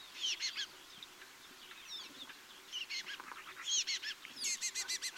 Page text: Ground Tit Pseudopodoces humilis. tibetan ground tit – Birds of Ladakh